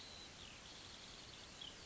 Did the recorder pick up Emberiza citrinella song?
no